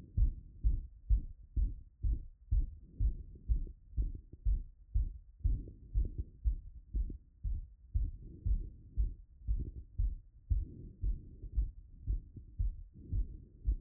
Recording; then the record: heart sounds by stethoscope after running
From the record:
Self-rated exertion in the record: light exertion (2 of 6); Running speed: 8 mph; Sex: male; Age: 37 years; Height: 174 cm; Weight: 76 kg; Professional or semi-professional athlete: no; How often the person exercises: over 5 times a week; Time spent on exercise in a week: over 5 hours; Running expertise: yes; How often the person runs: 3 to 5 times a week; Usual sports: running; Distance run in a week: 70 km